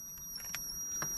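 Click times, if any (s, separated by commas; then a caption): none. A plastic steering wheel control button assembly is pushed slowly into the steering wheel of a 2015-or-later Ford Mustang. Soft handling scuffs are heard, with a brief sharper burst near 0.5 s and another around 1.0 s. The module has not seated or clicked in yet.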